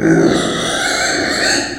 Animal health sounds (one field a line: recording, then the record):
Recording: squeal of a Yucatan mini pig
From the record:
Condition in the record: before surgery on the right vocal fold (resection and tissue-engineered implant)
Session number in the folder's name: 3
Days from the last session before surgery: 0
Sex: female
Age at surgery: 19 weeks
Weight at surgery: 25 kg